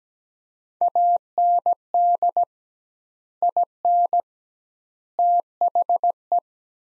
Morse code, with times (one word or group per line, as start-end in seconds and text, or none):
0.8-2.4 AND
3.4-4.2 IN
5.2-6.4 THE